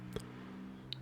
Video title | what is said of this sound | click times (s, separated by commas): 4RUNNER Maintenance - Wiper Blade Replacement - SAVE MONEY!! | all right so same way we took it out we'll put it back in so just pull that arm up push into that channel and it should click in | 0.9 s